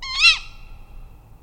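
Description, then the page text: Tawny owl uttering one sharp, hoarse kewick, quickly rising and dropping in pitch, with a brief fading tail and quiet low rumble behind. "Resources for the Tawny Owl Point Survey. BTO - British Trust for Ornithology"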